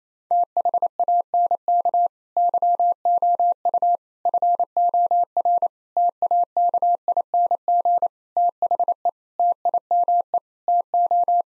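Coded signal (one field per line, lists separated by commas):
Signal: Morse code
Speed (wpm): 27 wpm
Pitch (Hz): 700 Hz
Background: none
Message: THANK YOU FOR TAKING THE TIME TO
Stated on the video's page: Morse head-copy practice at 28 wpm sending common nine-word groups; each set is sent, spoken, then sent again.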